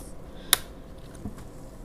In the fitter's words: Right here, a little click, and then this just comes right off,